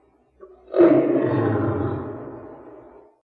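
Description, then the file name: Lion roar: one deep, rasping roar that swells suddenly and fades over about two seconds. "Golosa zhivotnyh - Lev lat Panthera leo"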